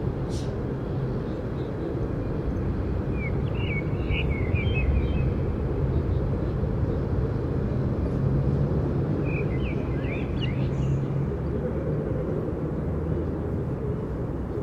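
A steady low rumble of outdoor traffic fills the whole recording, dense and unchanging, with a faint hum underneath. Birds chirp in short trilling bursts around four to five seconds and again near nine to eleven seconds, with a brief click at the start.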